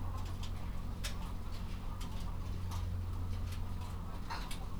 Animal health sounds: poultry house recording; sick chickens (respiratory disease)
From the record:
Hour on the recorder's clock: 22

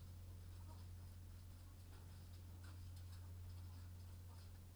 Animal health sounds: poultry house recording; sick chickens (respiratory disease)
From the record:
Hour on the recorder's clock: 21

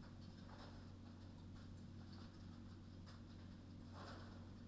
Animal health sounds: poultry house recording; no chicken sound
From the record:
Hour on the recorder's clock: 22

